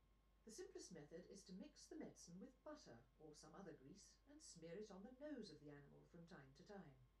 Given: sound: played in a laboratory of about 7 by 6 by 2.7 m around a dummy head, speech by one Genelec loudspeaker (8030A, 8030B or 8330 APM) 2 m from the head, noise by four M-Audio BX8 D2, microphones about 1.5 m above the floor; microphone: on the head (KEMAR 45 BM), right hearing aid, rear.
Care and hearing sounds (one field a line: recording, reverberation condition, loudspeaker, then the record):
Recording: female speech in English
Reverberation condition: low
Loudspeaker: 60 degrees to the left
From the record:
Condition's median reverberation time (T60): about 310 ms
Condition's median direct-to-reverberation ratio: about 3.5 dB